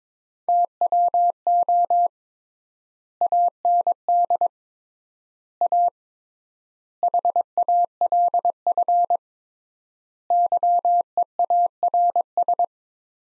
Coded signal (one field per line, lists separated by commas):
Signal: Morse code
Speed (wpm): 22 wpm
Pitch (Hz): 700 Hz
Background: none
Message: TWO AND A HALF YEARS